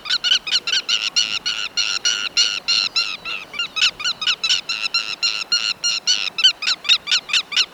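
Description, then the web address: Andean lapwing calling continuously: harsh, nasal notes repeated rapidly and steadily throughout. Recorded in Ecuador. "Birds of Ecuador. Andean Lapwing"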